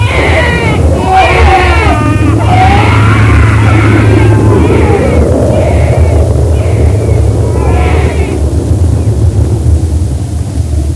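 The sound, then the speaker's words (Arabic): An infant cries in repeated wailing bursts, high and strained, rising and falling over a constant low rumble of strong wind, in a desert as the sun sets. “خنقو يقطع حسو يا جابر، خليه ببكاه يعيط على وحش خنقو يده.”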